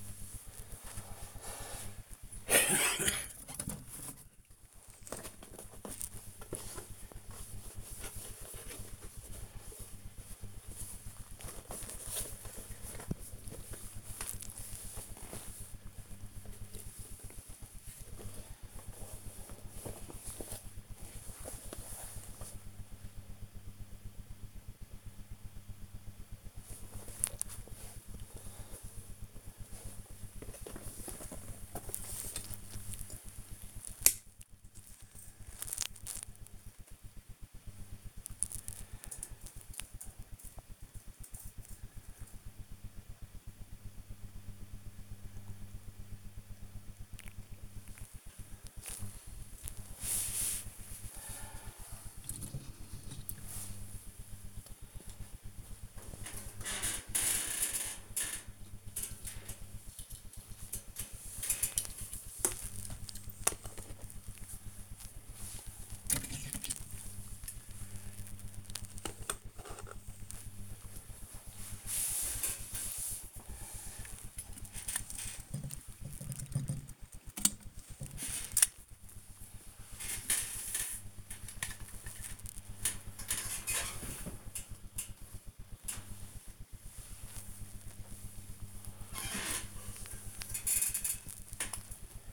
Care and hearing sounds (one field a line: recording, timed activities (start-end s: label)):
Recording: household activities, microphone on the right wrist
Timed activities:
0.00-35.93 s: dusting model cars
47.01-92.33 s: dusting model cars